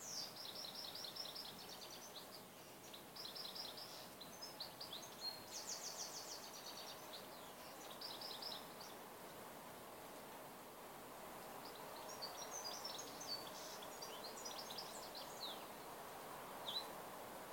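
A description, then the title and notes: A garden at midday, with small birds chirping in quick, bright bursts through the first half and again from about twelve seconds on, quieter in between. Under them runs a steady, even hum of outdoor noise that never lets up. The Sound In My Garden At Midday by Divyendu.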